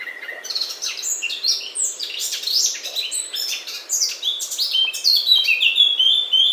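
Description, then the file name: Eurasian blackcap song: continuous lively warble of quick mixed notes, louder toward the end, with clear fluty phrases. "Sylvia atricapilla"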